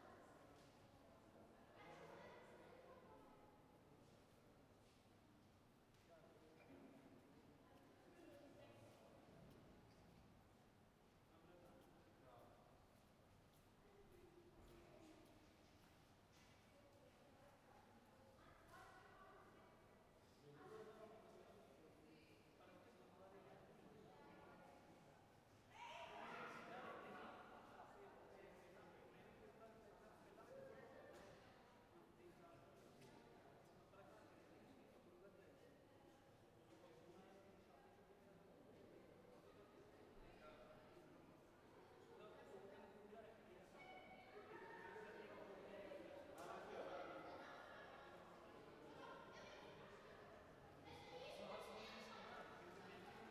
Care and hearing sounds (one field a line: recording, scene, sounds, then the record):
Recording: everyday scene through a hearing-aid microphone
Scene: reverberant space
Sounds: background noise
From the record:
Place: railway station hall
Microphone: behind the ear, right, rear